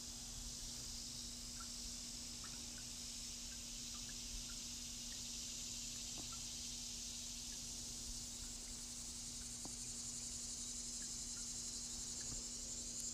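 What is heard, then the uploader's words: Cicadas buzz in a steady, dense, high-pitched drone throughout, over a constant low hum, with a few faint clicks scattered across the recording. Cicadas.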